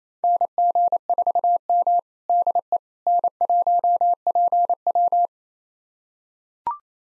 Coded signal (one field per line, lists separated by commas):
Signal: Morse code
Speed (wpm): 28 wpm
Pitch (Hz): 700 Hz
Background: none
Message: NG4M DE N1PW